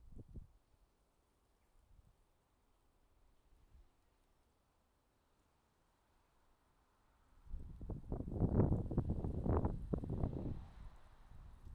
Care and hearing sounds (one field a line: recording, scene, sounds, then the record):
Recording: everyday scene through a hearing-aid microphone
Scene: wind on the microphone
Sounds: wind, traffic, birds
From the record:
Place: suburban garden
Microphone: in the ear canal, left